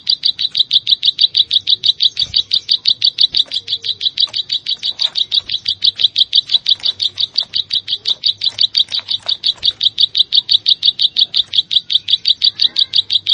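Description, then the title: Plain Prinia delivering an unbroken, even train of high, ticking notes, close to three per second, over a quiet background. "Ciblek Sawah"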